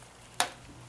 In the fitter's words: there you hear it click in